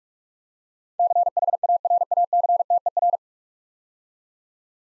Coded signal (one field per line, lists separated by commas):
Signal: Morse code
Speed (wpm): 44 wpm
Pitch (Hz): 700 Hz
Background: none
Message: CHARACTER